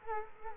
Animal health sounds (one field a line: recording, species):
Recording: mosquito wingbeat signal from an infrared sensor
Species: Culex quinquefasciatus